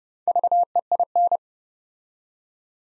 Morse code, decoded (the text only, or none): VEIN